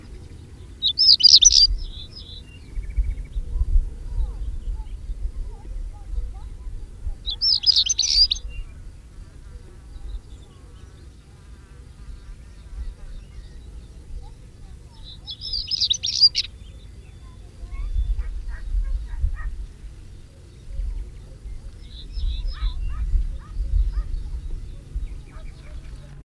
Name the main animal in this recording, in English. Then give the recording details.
European Stonechat. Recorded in the wild. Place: Svoboda, Plodiv, BG. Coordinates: 42.395, 24.337. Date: 1974-05-28. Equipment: Nagra III BH, Sennheiser MD 21, parabola. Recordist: Schubert, Michael. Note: Gesang Schwarzkehlchen